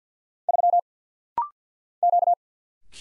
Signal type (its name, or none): Morse code